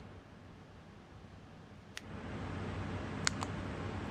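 The two plastic shell halves of a Nissan key fob are lined up and squeezed closed over the new battery after a battery swap. Against a steady background hiss, a faint tick comes at 2.0 s, then a sharp snap at 3.3 s with a softer tick right after at 3.4 s. The shell snaps back together and is seated.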